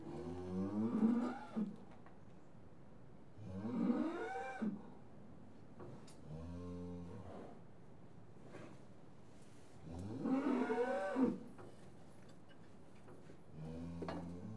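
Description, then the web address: Cattle mooing, a series of five moos spaced a few seconds apart, some rising and wavering, others short and low. Cattle in a yard after TB testing. "BBC Sound Effects Library Livestock Cattle TB Tested In Yard"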